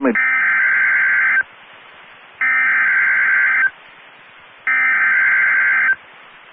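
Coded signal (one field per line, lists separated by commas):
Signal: Emergency Alert System (SAME) tones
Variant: header bursts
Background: speech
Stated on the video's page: Received from a NOAA Weather Radio transmitter.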